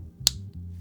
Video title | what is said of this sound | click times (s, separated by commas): Hollyland Lark MAX 2 - The 2 Killer Features That FUTUREPROOF This Mic | it's a fairly satisfying click. | 0.3 s